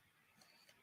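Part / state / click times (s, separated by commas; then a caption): plastic toy piece into toy ship model / not seated / none. A plastic toy piece is handled against a plastic toy ship display model as someone works to fit it on. Quiet handling noise is heard, with faint ticks around 0.4 s and 0.7 s. Nothing has snapped into place yet.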